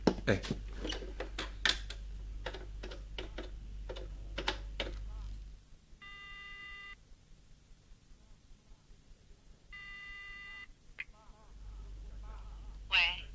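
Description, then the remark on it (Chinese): A telephone number is dialed to call home, with a quick run of sharp, uneven clicks over a low hum, followed by two long, buzzing ring tones with a pause between them. “这样吧，我打个电话回去问问。”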